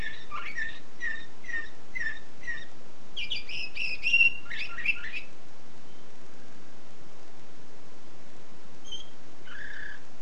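Canary song: rows of sharp repeated chirps, then a rich burst of rapid twittering and trills, quiet for several seconds, then a few short notes near the end over steady hiss.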